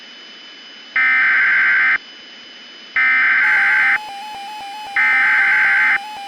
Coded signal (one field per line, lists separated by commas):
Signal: Emergency Alert System (SAME) tones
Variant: header bursts